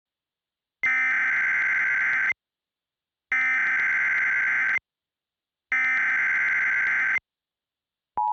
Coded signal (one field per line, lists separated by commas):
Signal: Emergency Alert System (SAME) tones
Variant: header bursts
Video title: EAS Scenario: Time is Ticking